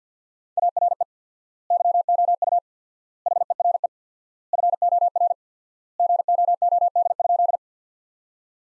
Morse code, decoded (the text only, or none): ARE YOU HERE FOR GOOD?